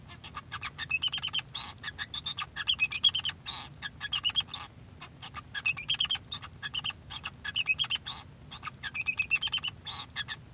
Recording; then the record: song of a male Bengalese finch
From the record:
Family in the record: son of father 2